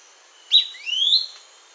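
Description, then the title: Fuscous flycatcher giving a short sharp note followed by a thin whistled phrase rising slowly, about half a second long, on a quiet background. Subspecies Cnemotriccus fuscatus duidae. "LuckyPassaro Completos2Sama. Fuscous Flycatcher (Cnemotriccus fuscatus duidae)"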